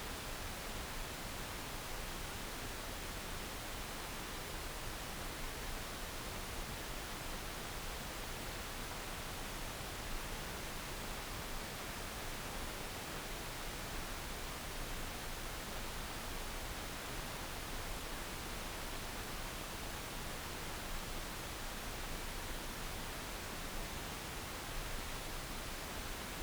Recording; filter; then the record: brain microelectrode recording played as sound; wide band, above 20 Hz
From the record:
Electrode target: subthalamic nucleus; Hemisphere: left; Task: reaching with the right hand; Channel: 2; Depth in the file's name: 0.251 mm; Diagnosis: Parkinson's disease